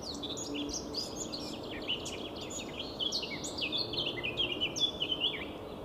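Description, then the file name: Eurasian blackcap song: continuous hurried warbling of twittering, slurred notes that grows louder toward the end, against steady background noise. "Sylvia atricapilla"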